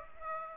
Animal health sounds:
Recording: mosquito wingbeat signal from an infrared sensor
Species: Aedes aegypti

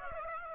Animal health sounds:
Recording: mosquito wingbeat signal from an infrared sensor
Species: Aedes aegypti

